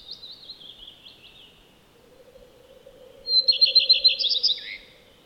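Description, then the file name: Common redstart song: after soft, thin descending notes, a loud phrase of quick repeated high notes ends in a brief twittering drop; a low steady hum runs throughout. "Lepplintu Redstart"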